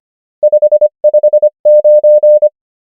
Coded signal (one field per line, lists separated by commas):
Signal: Morse code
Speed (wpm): 25 wpm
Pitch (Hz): 600 Hz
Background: none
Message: 5 5 9